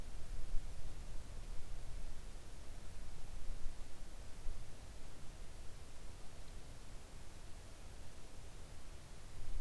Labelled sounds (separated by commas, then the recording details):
near silence
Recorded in the Arctic National Wildlife Refuge, Alaska, on 3 August 2019 at 06:12
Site 41